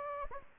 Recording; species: mosquito wingbeat signal from an infrared sensor; Anopheles gambiae